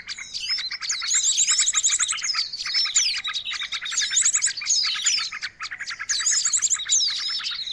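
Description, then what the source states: Noisy birds chirping and twittering nonstop, layered high notes and quick trills, with loud rattling bursts near the start, middle and end. Noisy birds used to lure birds.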